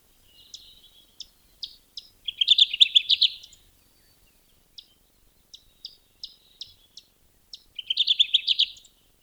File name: Kirtlands Warbler